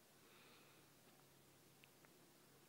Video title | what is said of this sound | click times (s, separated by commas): Cara Memperbaiki Blender Cornell CBL-S250PM Mati Total | udah pas baru kita dorong seperti ini udah bunyi klik tinggal satu lagi satu | 1.8 s, 2.0 s